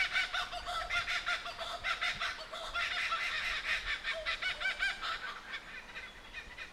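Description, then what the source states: Kookaburra laughing chorus: fast, raucous, repeated cackles rising and falling in waves before tailing off. Several kookaburras in the Victorian bush, Australia.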